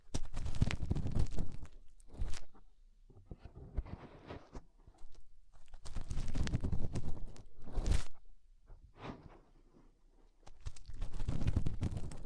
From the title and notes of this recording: ASMR Inner Ear Cleaning Using Fingers 3Dio (No Talking).